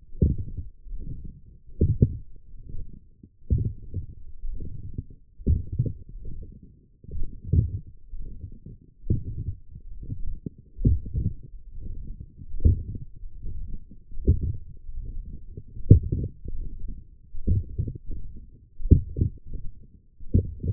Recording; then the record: forearm muscle sounds (acoustic myography)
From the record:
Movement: forearm pronation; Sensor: system 1, eight BSWA MPA416 microphones around the upper forearm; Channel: 2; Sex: male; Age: 21 years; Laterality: right